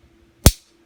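A pocket knife's folding blade is closed into its handle again, snapping shut with one loud, sharp click at 0.5 s that rings briefly before fading. The blade is seated. No words are heard in the clip.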